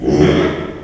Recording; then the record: squeal of a Yucatan mini pig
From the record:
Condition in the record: after surgery on the right vocal fold (resection and tissue-engineered implant); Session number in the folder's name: 3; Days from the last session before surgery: 33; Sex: male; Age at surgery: 12 weeks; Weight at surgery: 13 kg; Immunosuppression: cyclosporine, prednisolone